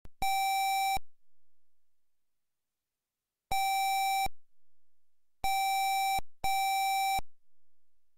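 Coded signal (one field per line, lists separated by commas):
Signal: none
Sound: a computer game's beeps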